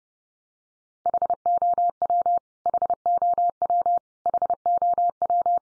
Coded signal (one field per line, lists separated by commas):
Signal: Morse code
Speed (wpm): 30 wpm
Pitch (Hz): 700 Hz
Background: none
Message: HOW HOW HOW